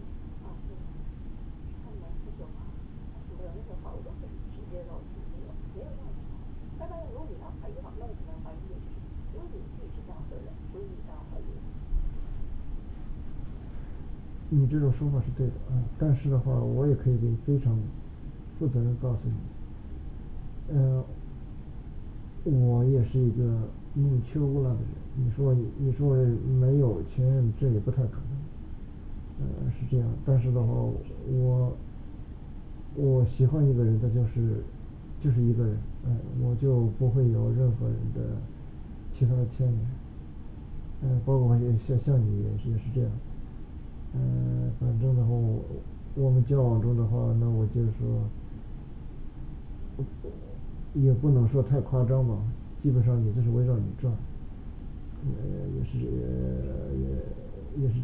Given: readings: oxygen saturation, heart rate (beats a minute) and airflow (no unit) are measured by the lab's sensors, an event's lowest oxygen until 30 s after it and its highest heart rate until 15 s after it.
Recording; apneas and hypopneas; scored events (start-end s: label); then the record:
a person awake in a sleep study, by a smartphone at the bedside; none
0.00-58.04 s: awake
From the record:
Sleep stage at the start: awake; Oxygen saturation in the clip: 94 to 96%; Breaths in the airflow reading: 16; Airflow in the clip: -5.4 to 6.0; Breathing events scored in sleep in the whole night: 216 in 7.0 hours asleep